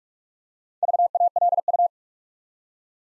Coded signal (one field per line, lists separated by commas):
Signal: Morse code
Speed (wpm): 44 wpm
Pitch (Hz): 700 Hz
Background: none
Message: VALU